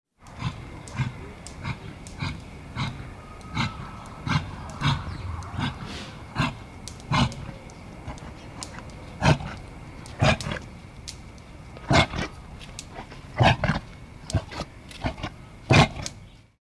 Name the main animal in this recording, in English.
Reindeer